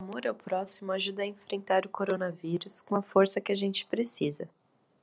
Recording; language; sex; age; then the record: spoken sentence; Brazilian Portuguese; female; 18 to 19 years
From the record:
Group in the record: control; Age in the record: 19 years